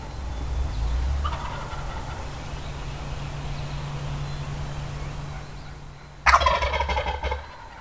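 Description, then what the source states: Wild Turkey gobble: one loud, rapid, gurgling rattle lasting about a second near the end, over a steady low rumble. Recorded at Carden Alvar in August 2026.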